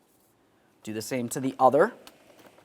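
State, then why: Not seated. Someone talks while handling the second plastic/metal locking clip on the air filter box lid of a 2001-2005 Ford Explorer Sport Trac, pulling it up to swing it down and lock it during a radiator fan clutch replacement. Only speech and faint handling noise are heard. Nothing has clicked or seated yet.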